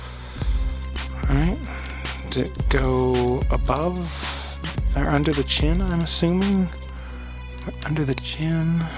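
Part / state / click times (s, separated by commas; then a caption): plastic panel into vinyl action figure body / not seated / none. A plastic panel is held against a vinyl action figure body and tried in position to see whether it goes above or under the chin, while someone talks over background music. Nothing has seated or clicked yet. The panel is only being lined up before fitting.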